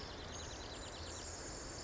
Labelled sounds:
Pacific Wren
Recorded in Sonoma County, California

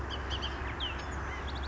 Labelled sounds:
Bullock's Oriole
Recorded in Sonoma County, California

